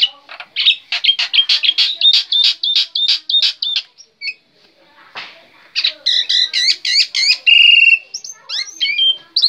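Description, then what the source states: Black-winged myna song, a loud run of rapid harsh chattering notes followed by whistled and rattling phrases, with a brief pause midway. Singing persistently (gacor); local name jalak putih.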